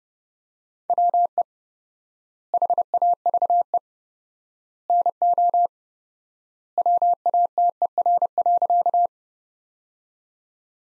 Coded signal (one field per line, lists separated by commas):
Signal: Morse code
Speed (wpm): 32 wpm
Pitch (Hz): 700 Hz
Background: none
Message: WE HAVE NO WATER.